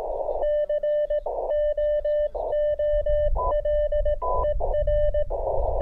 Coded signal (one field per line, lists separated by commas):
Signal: Morse code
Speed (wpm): 18 wpm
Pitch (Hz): 600 Hz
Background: radio noise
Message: COOLER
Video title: Building a Delta Loop Antenna For The 30m Band, Part 2.